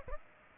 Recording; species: mosquito wingbeat signal from an infrared sensor; Aedes aegypti